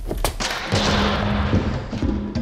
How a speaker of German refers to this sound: Ausflur von Vadims Wohnung. Treten Sie die Tür an, Kostin.